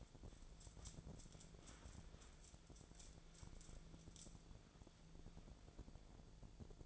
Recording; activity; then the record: daily activity, microphone in the room; wipe stove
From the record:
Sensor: 5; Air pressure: 1000.6 hPa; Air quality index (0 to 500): 158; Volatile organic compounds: 2 ppm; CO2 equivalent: 1213 ppm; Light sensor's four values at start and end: 51/109/50/56 and 54/116/53/59